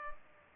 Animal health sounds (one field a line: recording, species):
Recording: mosquito wingbeat signal from an infrared sensor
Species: Culex pipiens